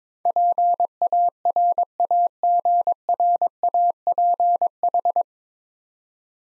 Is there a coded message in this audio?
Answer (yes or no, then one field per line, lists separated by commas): yes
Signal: Morse code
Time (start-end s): 0.3-5.2 s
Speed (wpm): 22 wpm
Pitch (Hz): 700 Hz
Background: none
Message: PARAGRAPH